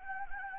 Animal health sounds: mosquito wingbeat signal from an infrared sensor; Anopheles gambiae

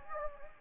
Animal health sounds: mosquito wingbeat signal from an infrared sensor; Anopheles gambiae

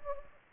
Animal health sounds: mosquito wingbeat signal from an infrared sensor; Anopheles gambiae

